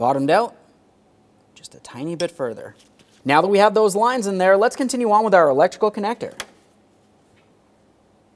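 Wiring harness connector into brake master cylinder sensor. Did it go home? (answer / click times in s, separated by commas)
no / none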